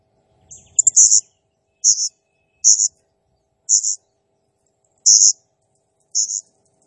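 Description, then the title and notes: Blue-crowned hanging parrot giving several loud, high chirps spaced about a second apart, after a brief opening flurry. Used as a masteran lure and training sound to make other birds sing; described as a lively, vocal (gacor) calling bird. "Burung Serindit Nembak Gacor Bikin Emosi Semua Burung. Suara Nasteran Dan Pemikat Burung Serinditan Gacor"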